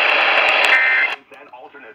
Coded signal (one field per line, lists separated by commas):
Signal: Emergency Alert System (SAME) tones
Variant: end-of-message bursts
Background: speech